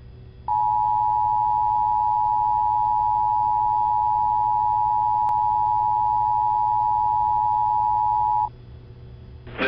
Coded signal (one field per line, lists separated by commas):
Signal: Emergency Alert System (SAME) tones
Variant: 853 and 960 Hz attention tone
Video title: EAS Flash Flood Warning for Birdseye, IN. (9/3/22)